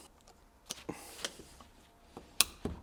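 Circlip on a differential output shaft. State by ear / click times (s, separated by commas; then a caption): seated / 2.4 s. A steel circlip is fitted onto the differential axle output shaft assembly during a limited-slip differential overhaul on a V12 BMW E31 850. A few light ticks and taps come first. Then one sharp, loud metallic snap at 2.4 s marks the circlip seating in its groove, followed by a softer knock.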